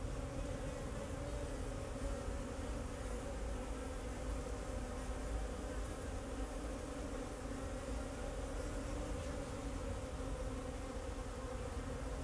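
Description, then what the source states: Bees keep up a constant droning buzz, layered and unbroken, over a persistent low-pitched rumble. Bees flying around the recordist in Jacques Brelpark, Kersbeeklaan, Vorst, Belgium; train in background; recorded binaurally with a Sennheiser Ambeo binaural headset.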